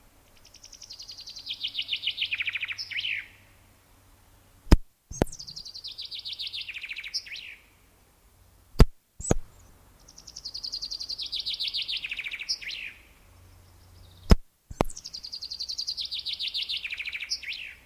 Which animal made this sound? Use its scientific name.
Fringilla coelebs